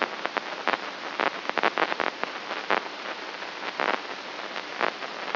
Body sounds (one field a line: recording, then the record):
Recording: brain microelectrode recording played as sound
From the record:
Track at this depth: inside the subthalamic nucleus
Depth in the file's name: 5.229 mm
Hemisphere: left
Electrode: 3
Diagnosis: Parkinson's disease